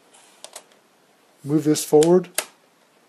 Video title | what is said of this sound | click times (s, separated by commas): Best iPad Case With Keyboard - Anker® Bluetooth Ultra Slim Keyboard Cover | push this down. It locks into place. | 0.4 s